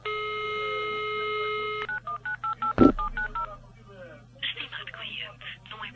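A steady telephone tone gives way to a quick run of about eight short, evenly spaced keypad beeps as someone dials a phone call, broken by a sharp thump, and then faint garbled sounds follow.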